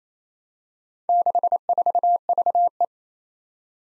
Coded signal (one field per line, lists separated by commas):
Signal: Morse code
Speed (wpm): 27 wpm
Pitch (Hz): 700 Hz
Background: none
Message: 64VE